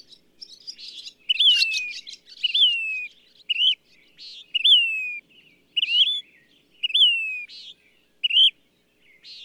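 Bird song opening with a burst of chattering, scratchy notes, then settling into repeated downslurred whistles and buzzy accents, around one per second.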